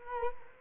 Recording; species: mosquito wingbeat signal from an infrared sensor; Culex quinquefasciatus